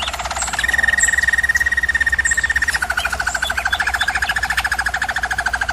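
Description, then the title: German Roller canary song: a continuous rolling trill, a steady pulsed tour switching to a lower roll partway through, over a low hum. German Roller canary singing, used for canary training. "German Roller Canary Singing - Canary Training Vid"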